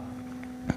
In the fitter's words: and there will be a sound coming like click sound. The charger will be locked for the car,